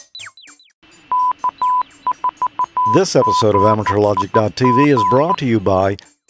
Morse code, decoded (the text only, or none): K4GIG